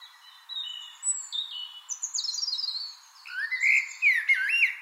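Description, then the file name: Eurasian blackbird song: after a run of thin high whistles, a mellow looping warble rises and falls, ending in scratchy high notes. "Turdus merula"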